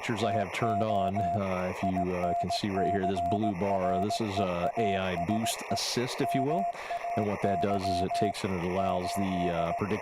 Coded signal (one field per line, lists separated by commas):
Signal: Morse code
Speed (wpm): 18 wpm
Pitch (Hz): 690 Hz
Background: speech, radio noise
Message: TO INCREASE MAY 8